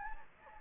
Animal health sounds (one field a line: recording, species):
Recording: mosquito wingbeat signal from an infrared sensor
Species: Anopheles gambiae